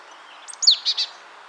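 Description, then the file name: Marsh tit call: a couple of soft short notes, a sharp high downward-sweeping note, then two short notes in quick succession, over faint background hiss. "Poecile palustris"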